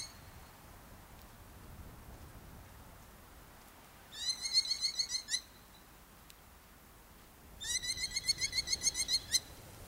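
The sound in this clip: Merlin giving two bursts of rapid, ringing, harsh ki-ki-ki notes, each run lasting one to two seconds, separated by a quiet pause; steady faint background hiss.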